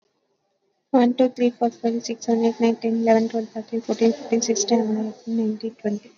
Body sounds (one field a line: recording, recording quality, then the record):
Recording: counting at a fast pace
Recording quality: moderate, slight background noise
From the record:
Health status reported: exposed to COVID-19, no respiratory illness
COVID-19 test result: negative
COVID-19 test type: RT-PCR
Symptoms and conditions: cough, cold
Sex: female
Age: 35 years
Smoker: no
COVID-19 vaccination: both doses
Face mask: worn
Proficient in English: yes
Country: India